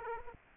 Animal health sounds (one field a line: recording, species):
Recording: mosquito wingbeat signal from an infrared sensor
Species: Aedes aegypti